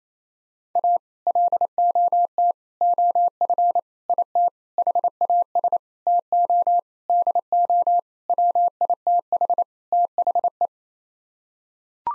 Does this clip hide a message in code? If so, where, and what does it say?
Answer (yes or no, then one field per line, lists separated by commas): yes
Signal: Morse code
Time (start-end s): 0.8-10.7 s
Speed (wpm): 28 wpm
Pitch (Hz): 700 Hz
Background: none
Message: A LOT OF IT HAS TO DO WITH THE